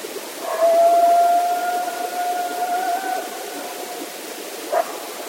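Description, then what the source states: Coyote howl: a long, steady, slightly wavering tone held for about four seconds, then fading, with a brief short call near the end. Several coyotes, 16 October 2010.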